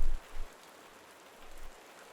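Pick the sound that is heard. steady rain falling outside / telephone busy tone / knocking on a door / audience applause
steady rain falling outside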